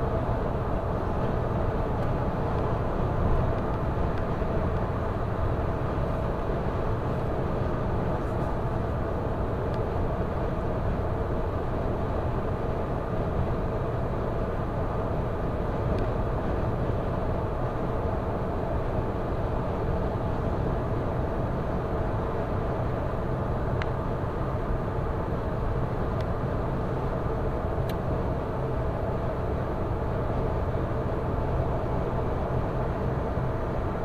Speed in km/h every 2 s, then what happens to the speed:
117, 117, 116, 116, 116, 116, 116, 116, 116, 116, 116, 116, 116, 115, 115, 115, 115.
0-34 steady at about 116.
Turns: none.